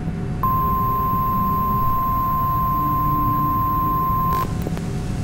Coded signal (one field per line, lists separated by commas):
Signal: Emergency Alert System (SAME) tones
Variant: 1050 Hz attention tone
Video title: Fictional EAS